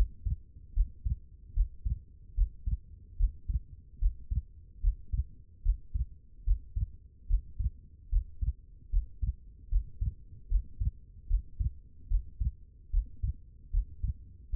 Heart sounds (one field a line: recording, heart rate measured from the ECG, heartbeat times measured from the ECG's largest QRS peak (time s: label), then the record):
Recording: heart sounds by stethoscope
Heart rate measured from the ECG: 74 bpm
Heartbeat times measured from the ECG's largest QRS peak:
0.73 s: heartbeat
1.53 s: heartbeat
2.34 s: heartbeat
3.16 s: heartbeat
3.98 s: heartbeat
4.80 s: heartbeat
5.62 s: heartbeat
6.44 s: heartbeat
7.27 s: heartbeat
8.09 s: heartbeat
8.89 s: heartbeat
9.68 s: heartbeat
10.48 s: heartbeat
11.27 s: heartbeat
12.07 s: heartbeat
12.90 s: heartbeat
13.70 s: heartbeat
14.49 s: heartbeat
From the record:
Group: healthy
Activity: Valsalva maneuver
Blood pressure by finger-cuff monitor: 76/43 mmHg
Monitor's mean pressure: 56 mmHg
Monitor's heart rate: 74 bpm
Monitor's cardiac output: 6.9 L/min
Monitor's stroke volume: 94 mL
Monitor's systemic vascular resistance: 550 dyn s/cm5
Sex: female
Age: 22 years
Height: 161 cm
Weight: 65.5 kg